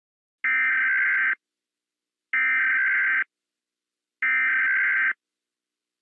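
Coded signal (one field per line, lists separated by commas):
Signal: Emergency Alert System (SAME) tones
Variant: header bursts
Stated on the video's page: Fictional EAS scenario.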